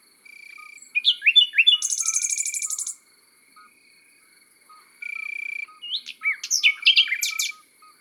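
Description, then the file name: Common nightingale song with a high, fast rattling trill and varied chirps and sweeps, set against steady buzzing trills and faint low chirps. Recorded in the countryside. "Rossignol philomele Chants doiseaux dans la campagne"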